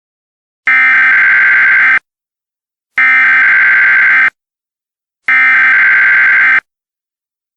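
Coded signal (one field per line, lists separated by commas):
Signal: Emergency Alert System (SAME) tones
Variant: header bursts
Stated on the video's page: Fictional EAS scenario, simulated alert tones.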